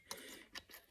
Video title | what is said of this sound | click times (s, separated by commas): How to Re Fit a Rear View Mirror. | you just slide it all the way down until it clicks into place. | 0.1 s, 0.6 s